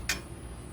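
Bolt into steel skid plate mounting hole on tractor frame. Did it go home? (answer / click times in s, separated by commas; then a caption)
yes / 0.1 s. A bolt is poked through the mounting hole of a new steel skid plate on a Massey GC 1705/1710/1715/1720 compact tractor frame, which protects the cooling fan and oil filter. When the plate is shifted just right, the bolt drops into place with a single sharp tick at 0.1 s over low background hum. The bolt is seated.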